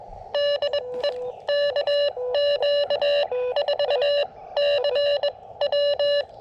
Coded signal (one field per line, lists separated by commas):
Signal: Morse code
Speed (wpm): 21 wpm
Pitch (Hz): 580 Hz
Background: none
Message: DE KQ4CW